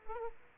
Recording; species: mosquito wingbeat signal from an infrared sensor; Aedes aegypti